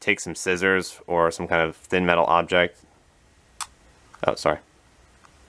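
A microSD memory card is handled at the spring-loaded card slot of a VanTop Moment 4U action camera, to be pushed in with the tip of scissors. Someone talks, then a brief sharp tick sounds around 3.6 s amid quiet handling. Nothing has seated or clicked into place yet.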